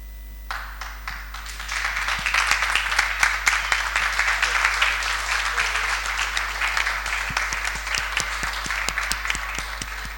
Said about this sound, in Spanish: Bueno, creo que agradecer la participación y cerramos nuevamente con un aplauso y seguimos en contacto y pensando cómo vamos a seguir de acá en más.